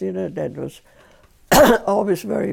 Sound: cough

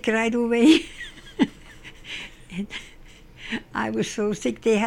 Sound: laughs

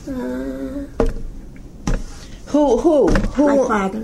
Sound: hits table

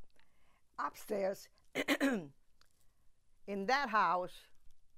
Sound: clears throat

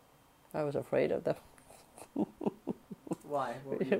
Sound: laughs

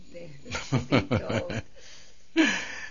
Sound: he laughs

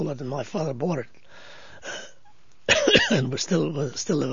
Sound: he coughs

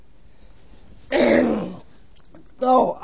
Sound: he coughs

